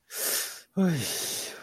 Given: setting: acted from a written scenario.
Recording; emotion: vocal sound without words; sympathy